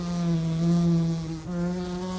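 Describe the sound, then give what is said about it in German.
A housefly buzzes steadily in flight, a sustained droning hum with a rich harmonic whine that wavers slightly in pitch and dips briefly before continuing. “Insekten gelten als die raffiniertesten Flugapparate der Welt. Zum Beispiel die gemeine Stubenfliege.”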